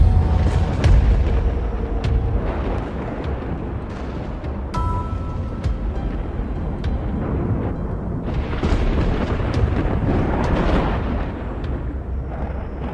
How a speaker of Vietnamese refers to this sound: Bỗng nhiên bầu trời lóe sáng lên, một tia chớp rực lên, kèm theo đó là tiếng sấm đùng đùng vang vọng.